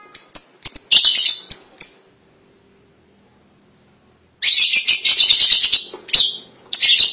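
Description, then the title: Lovebird calls: short piercing chirps and raspy chatter, a two-second silence, then a long harsh chattering burst. "BM Suara Burung Lovebird"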